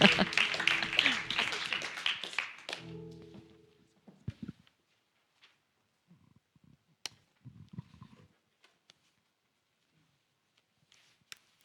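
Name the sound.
audience applause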